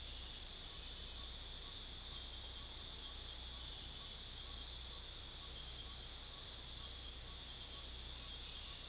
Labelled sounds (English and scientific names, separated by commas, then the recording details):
none
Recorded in pastures near Puerto Asís, Putumayo, Colombia, on 21 December 2024 at 00:30
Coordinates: 0.487, -76.322
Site GP09